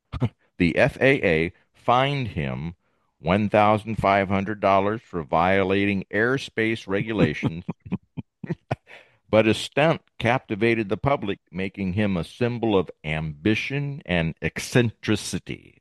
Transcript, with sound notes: "The FAA fined him $1,500 for violating airspace regulations-"
(laughs)
"... but his stunt captivated the public, making him a symbol of ambition and eccentricity,